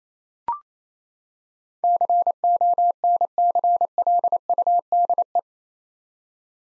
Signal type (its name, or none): Morse code